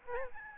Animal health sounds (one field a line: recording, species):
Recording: mosquito wingbeat signal from an infrared sensor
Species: Aedes albopictus